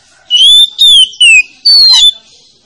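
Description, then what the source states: Oriental magpie-robin giving four loud, sweet whistled notes in quick succession, some slurring upward, others dropping, with brief gaps between them. Used as a lure to make a magpie-robin (kacer) that is reluctant to sing start singing.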